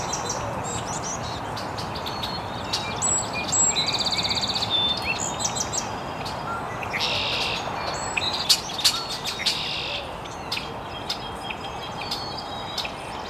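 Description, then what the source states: Birds calling in scattered bursts: a short rattling phrase early on and brief twitters later, separated by gaps, with a loud steady hiss throughout. Birds chirping very early in the morning in an estuary.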